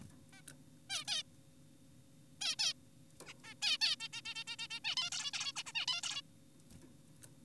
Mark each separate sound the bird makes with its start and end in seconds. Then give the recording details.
0.33-0.42, 0.90-1.04, 1.07-1.23, 2.41-2.56, 2.59-2.73, 3.26-3.34, 3.44-3.54, 3.62-3.78, 3.81-3.96, 4.00-4.08, 4.13-4.22, 4.26-4.34, 4.36-4.44, 4.48-4.56, 4.59-4.68, 4.70-4.80, 4.85-4.96, 4.97-5.10, 5.12-5.31, 5.34-5.52, 5.56-5.63, 5.66-5.72, 5.75-5.86, 5.88-6.02, 6.03-6.22. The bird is an adult. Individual g4p5U